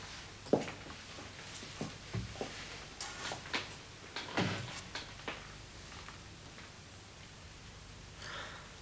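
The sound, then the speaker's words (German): A coded knocking signal meaning "flour", sent between prison cells: a series of sharp, dry knocks in an irregular rhythm, some grouped closely, others spaced apart, fading out into a quiet hiss with no voices. “Weißt du, was dieses Klopfzeichen bedeutete?”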